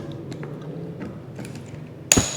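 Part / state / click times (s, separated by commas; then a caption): wheel into scooter-luggage frame / seated / 2.1 s. A wheel is removed from a folding travel scooter-luggage and fitted into its stowed position in the frame. After a few faint handling taps, a sharp, loud click sounds at 2.1 s as the wheel seats into position.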